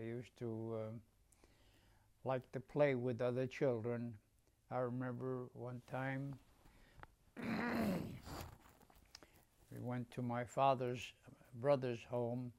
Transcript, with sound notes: I used to like to play with other children. I remember one time [clears throat] we went to my father's brother's home